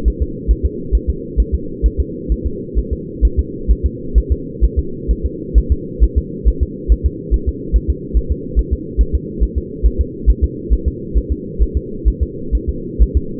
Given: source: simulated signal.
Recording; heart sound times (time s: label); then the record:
fetal heart sounds
0.08 s: S1
0.22 s: S2
0.51 s: S1
0.66 s: S2
0.95 s: S1
1.09 s: S2
1.40 s: S1
1.55 s: S2
1.86 s: S1
2.00 s: S2
2.32 s: S1
2.47 s: S2
2.79 s: S1
2.93 s: S2
3.25 s: S1
3.39 s: S2
3.71 s: S1
3.86 s: S2
4.18 s: S1
4.32 s: S2
4.64 s: S1
4.79 s: S2
5.11 s: S1
5.25 s: S2
5.58 s: S1
5.72 s: S2
6.04 s: S1
6.18 s: S2
6.48 s: S1
6.63 s: S2
6.92 s: S1
7.06 s: S2
7.34 s: S1
7.48 s: S2
7.76 s: S1
7.90 s: S2
8.17 s: S1
8.32 s: S2
8.59 s: S1
8.73 s: S2
9.01 s: S1
9.15 s: S2
9.43 s: S1
9.58 s: S2
9.86 s: S1
10.01 s: S2
10.30 s: S1
10.44 s: S2
10.73 s: S1
10.88 s: S2
11.17 s: S1
11.32 s: S2
11.62 s: S1
11.77 s: S2
12.08 s: S1
12.23 s: S2
12.55 s: S1
12.69 s: S2
13.02 s: S1
13.17 s: S2
From the record:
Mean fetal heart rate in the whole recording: 135 bpm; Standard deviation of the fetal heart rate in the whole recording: 3 bpm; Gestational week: 34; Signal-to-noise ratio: -4.3 dB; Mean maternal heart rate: 72 bpm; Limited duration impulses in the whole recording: absent